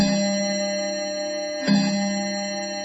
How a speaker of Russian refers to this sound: В коридоре часы бьют 1 час, потом 2.